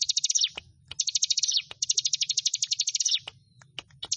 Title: Ciblek Sawah 1